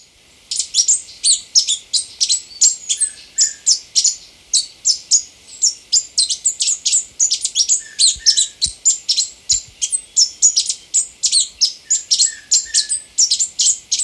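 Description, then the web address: Plushcap song: a long, rapid run of high, dry chipping notes that keeps going steadily, with brief soft lower notes now and then. In Ecuador. "Birds of Ecuador. Plushcap"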